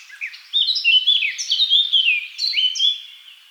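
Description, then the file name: Eurasian blackcap song: a rich, fast warbled phrase of mixed high notes, starting after a brief soft note and running about two and a half seconds before fading. "Sylvia atricapilla"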